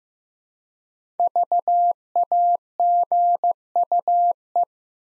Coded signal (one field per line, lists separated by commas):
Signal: Morse code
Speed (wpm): 15 wpm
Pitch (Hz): 700 Hz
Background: none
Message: VAGUE